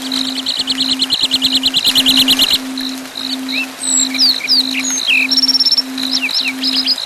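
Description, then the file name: Lark song of a long rapid buzzy rattle followed by scattered chirps, slurred whistles and a short high trill, with a steady tone and hum behind. Songs of the lark family, for training birds. "keluarga lark kreasi om ct versi panjang omkicau"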